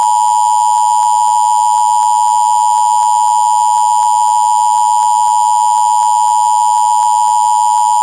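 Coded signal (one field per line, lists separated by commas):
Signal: Emergency Alert System (SAME) tones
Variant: 853 and 960 Hz attention tone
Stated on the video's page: Real Flash Flood Warning.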